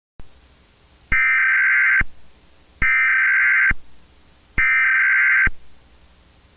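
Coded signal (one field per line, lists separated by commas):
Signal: Emergency Alert System (SAME) tones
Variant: header bursts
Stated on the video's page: Fictional EAS scenario.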